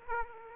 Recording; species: mosquito wingbeat signal from an infrared sensor; Aedes aegypti